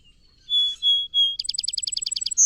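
Song sparrow giving three steady whistled notes, then a quick, regular trill of repeated chips, then a high note at the end.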